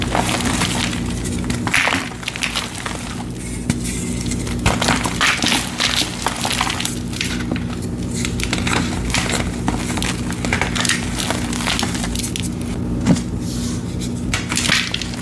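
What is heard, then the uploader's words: Crumbly black chalk is crushed and rubbed, giving a dense, continuous crackle of tiny gritty crunches with brighter bursts every second or two, including a sharp snap near 13 seconds. A steady low hum sits underneath. Black Iron Oxide *Crush Only* Compilation! Glitter Mix, Fresh Chalk, Gym Chalk Reforms. Crispy crunchy black iron oxide gym chalk crumbles and oddly satisfying asmr sounds.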